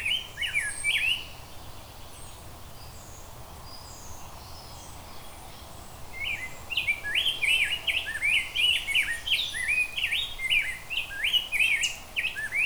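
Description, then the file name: Rose-breasted grosbeak song: a brief phrase of liquid, warbling whistles, several seconds of near silence, then a long, lively run of rolling notes that carries to the end. "Rose Breated Grosebeak"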